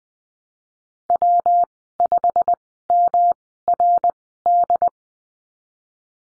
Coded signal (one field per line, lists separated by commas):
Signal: Morse code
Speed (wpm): 20 wpm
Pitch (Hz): 700 Hz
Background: none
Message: W5MRD